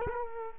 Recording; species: mosquito wingbeat signal from an infrared sensor; Culex quinquefasciatus